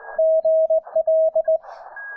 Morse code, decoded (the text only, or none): GL